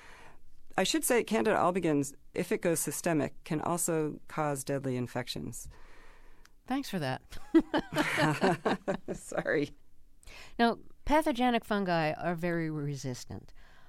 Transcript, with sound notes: I should say candida albicans, if it goes systemic, can also cause deadly infections.
Thanks for that.
(LAUGHTER)
Sorry.
Now, pathogenic fungi are very resistant.